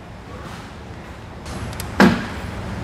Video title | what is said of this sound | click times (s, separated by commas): etrailer - In-Depth Review of the Kuat Piston Pro X Bike Rack for 2 Bikes | see the latch go into place i hear it so i know that it's latch and i don't worry about it falling back down when i let go | 1.8 s, 2.0 s